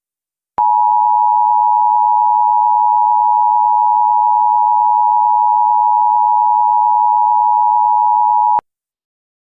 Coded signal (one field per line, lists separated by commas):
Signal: Emergency Alert System (SAME) tones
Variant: 853 and 960 Hz attention tone